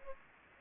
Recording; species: mosquito wingbeat signal from an infrared sensor; Aedes aegypti